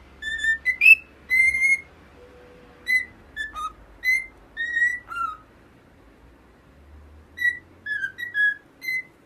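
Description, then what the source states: Cockatiel whistling: clear tonal notes, some rising or falling, in short bursts, with one long pause midway. Several cockatiels singing, whistling.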